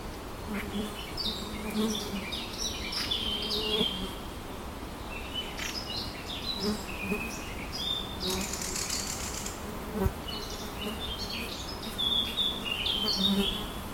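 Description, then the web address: Eurasian blackcap singing bright warbled phrases of scratchy and fluty notes. "linnut mustapaa"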